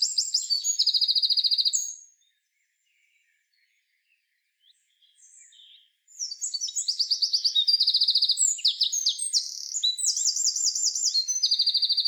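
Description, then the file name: Eurasian wren song bursts: a ringing trill, a quiet gap with a few faint notes, then a long, vigorous run of high trills and sharp chips. "Troglodytes troglodytes"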